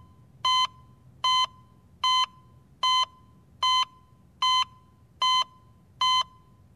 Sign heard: Electrocardiogram heartbeat to flatline change.